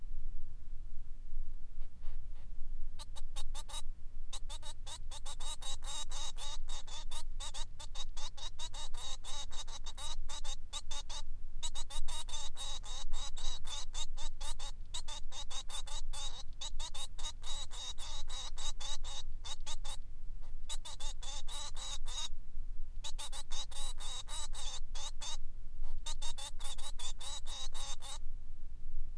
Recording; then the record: song of a male Bengalese finch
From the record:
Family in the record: son of father 3